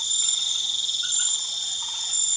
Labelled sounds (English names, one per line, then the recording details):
none
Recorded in pastures near Puerto Asís, Putumayo, Colombia, on 12 March 2025 at 21:30
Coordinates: 0.487, -76.322
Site G077